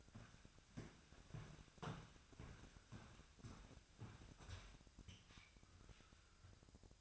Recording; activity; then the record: daily activity, microphone in the room; walk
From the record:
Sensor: 2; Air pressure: 1001.6 hPa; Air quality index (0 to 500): 232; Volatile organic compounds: 28 ppm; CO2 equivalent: 2916 ppm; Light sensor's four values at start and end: 9/30/12/11 and 9/30/11/11